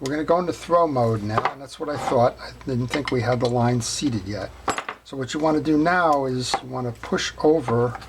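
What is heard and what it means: During reassembly of a Penn Mag 10 conventional fishing reel set in throw mode, a metal level-wind line-guide part is handled and about to be pushed over into the reel frame while someone talks. The part has not seated or snapped in yet by the end of the clip.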